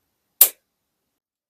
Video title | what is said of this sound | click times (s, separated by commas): 4. 재봉틀 사용법 [BD의 블라인드 레슨] 눈 감고도 따라할 수 있어요. | Nó phải phát ra tiếng "click" để được lắp đúng cách. | 0.4 s